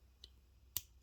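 A steel OEM wrist-pin circlip that was not fully in its groove in a 266xp piston is pushed home. After a faint tick at 0.2 s, a sharp metallic snap rings out at 0.8 s. The circlip seats in the groove.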